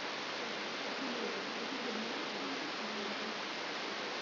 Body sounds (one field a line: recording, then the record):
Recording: brain microelectrode recording played as sound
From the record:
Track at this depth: inside the subthalamic nucleus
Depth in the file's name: 4.502 mm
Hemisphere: left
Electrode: 3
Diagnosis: Parkinson's disease